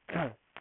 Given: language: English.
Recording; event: throat vibration sensor signal played as sound; throat clearing